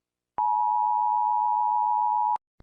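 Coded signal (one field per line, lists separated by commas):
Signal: Emergency Alert System (SAME) tones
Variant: 853 and 960 Hz attention tone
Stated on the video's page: Mock EAS scenario.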